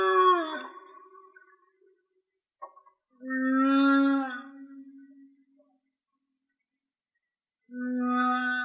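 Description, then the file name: Whale song: harmonic moans spaced by silences, one falling groan at the start, then a strong droning tone, and another beginning near the end. "Whale Song-colin"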